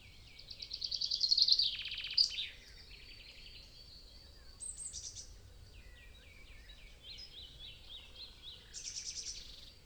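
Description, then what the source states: Birds (mixed species): a dawn chorus with a loud rapid trilling song early on, then scattered high chirps and repeated notes. Dawn chorus in a European wetland; stereo binaural recording.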